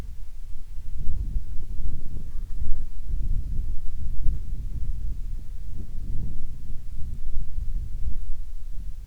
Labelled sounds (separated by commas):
wind, insects